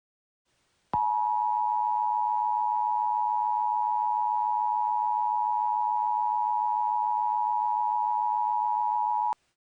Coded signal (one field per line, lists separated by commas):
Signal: Emergency Alert System (SAME) tones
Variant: 853 and 960 Hz attention tone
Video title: 5/3/22 Massachusetts Monthly Test on Two Stations EAS #181